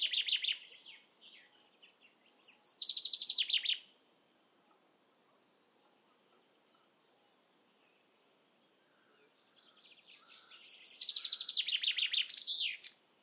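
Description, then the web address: Common chaffinch singing its descending, rattling phrase with a final flourish, heard three times including a partial phrase at the start, over soft background bird calls. "Deverinetal"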